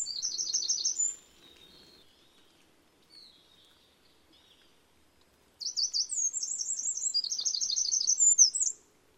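Eurasian wren singing two rapid, high-pitched bursts of trilled and rattling notes, the first about a second long, the second a longer run after a quiet gap.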